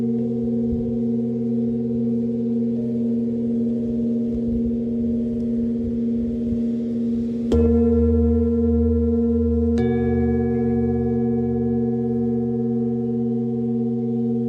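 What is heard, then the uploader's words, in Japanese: A singing bowl hums with steady, layered tones, a low rumbling bed underneath. Near the middle a sharp strike sets off a brighter, louder ring, and a second strike follows about two seconds later, the tones sustaining to the end. メキシコのビーチにて満月と新月に大体合わせて地道の方達と集っています。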